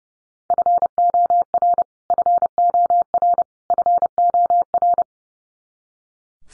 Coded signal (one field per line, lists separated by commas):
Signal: Morse code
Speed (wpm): 30 wpm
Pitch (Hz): 700 Hz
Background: none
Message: FOR FOR FOR